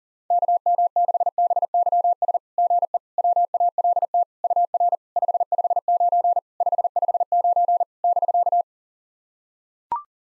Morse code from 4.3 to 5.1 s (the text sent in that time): UR